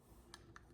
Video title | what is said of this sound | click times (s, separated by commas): CNBJ611 Automotive Current Tester and How to use it | The cover just clicks in place, opens your thumb. | 0.3 s, 0.6 s